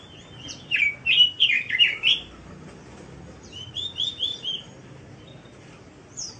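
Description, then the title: Bird song in two bursts of rapid chirps, the second burst softer after a short pause, closing with a brief high note. Bird song tutoring material. "Burung Masteran"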